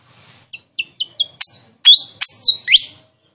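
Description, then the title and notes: Pied fantail song: several short high chips, then louder clear whistled notes sweeping down and up. Masteran training recording with a clear voice. "Masteran Sikatan Kipas Suara Jernih Dan Suara Gemericik Air. Suara Burung Sikatan Londo"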